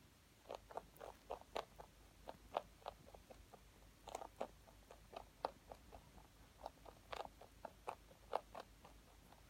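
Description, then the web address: Rabbit chewing: crisp, crunchy clicks in uneven bursts, several each second, with short pauses, over an otherwise quiet background. "rabbit asmr"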